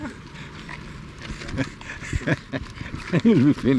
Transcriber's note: laughter